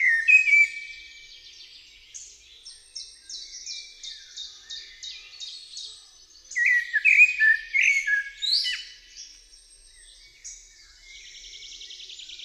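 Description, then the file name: Common blackbird song with fluted phrases at the start and again midway, each ending in squeaky flourishes, while a quick series of thin high notes repeats between them. "Kos"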